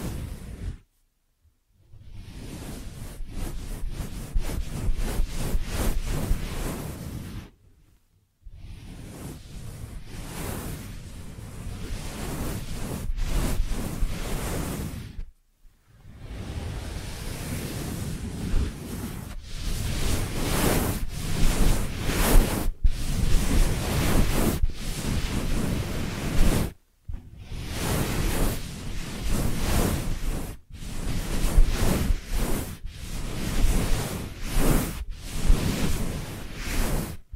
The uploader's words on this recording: ASMR 3D Ear Massage that Penetrates Your Brain (No Talking).